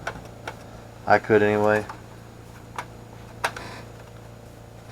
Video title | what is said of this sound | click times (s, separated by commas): New Radio in the 1994 Dodge Dakota, and Preparing it for Daily Driving | you can faintly hear it click into place. | 0.1 s, 0.5 s